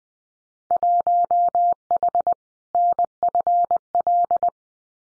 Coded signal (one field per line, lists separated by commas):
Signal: Morse code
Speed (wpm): 20 wpm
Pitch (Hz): 700 Hz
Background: none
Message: 1H NFL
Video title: Winter Field Day Exchange 20wpm